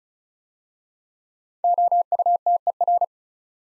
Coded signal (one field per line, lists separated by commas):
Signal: Morse code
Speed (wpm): 36 wpm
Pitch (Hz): 700 Hz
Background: none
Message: OUTER